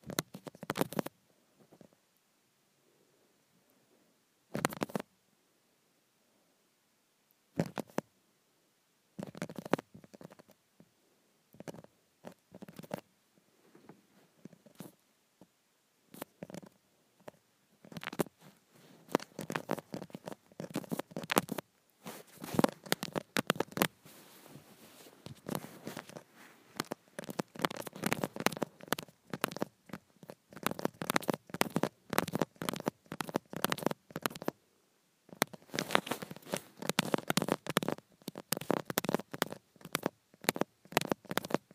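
Acrylic nails tap on a phone screen, sparse clicks at first, then growing into dense, rapid bursts of bright tapping after twenty seconds.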